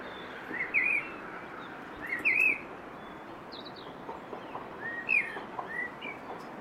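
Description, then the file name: Common blackbird giving several brief whistled phrases at irregular intervals, some with thin high notes, over a steady hiss. "Turdus merula"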